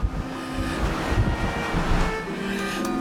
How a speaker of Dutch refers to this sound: Het waait hier.